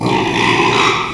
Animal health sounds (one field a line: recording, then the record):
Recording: squeal of a Yucatan mini pig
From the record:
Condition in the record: after surgery on the right vocal fold (resection and tissue-engineered implant)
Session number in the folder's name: 1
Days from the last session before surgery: 6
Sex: male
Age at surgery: 12 weeks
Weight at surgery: 13 kg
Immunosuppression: cyclosporine, prednisolone